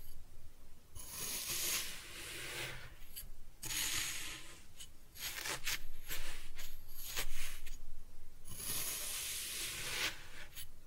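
Kinetic sand being cut and scooped, with bursts of bright gritty rasping and rubbing, separated by short pauses and occasional sharp crisp scrapes.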